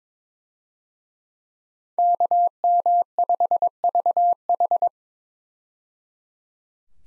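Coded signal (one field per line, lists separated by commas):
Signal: Morse code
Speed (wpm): 22 wpm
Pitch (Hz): 700 Hz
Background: none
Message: KM5VH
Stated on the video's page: Morse head-copy drill of 5-character US call signs at 22 wpm, each sent, spoken, then sent again.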